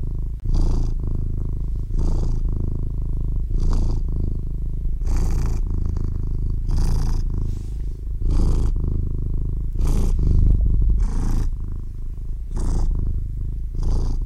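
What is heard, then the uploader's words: A little kitten purrs, a low steady rumble that swells in regular cycles, each breath bringing a soft airy hiss about every one and a half seconds. The purring runs unbroken through the whole stretch with no other sounds around it. CUTEST CAT PURRING By This Baby KITTEN. The gentle purring of this little kitten.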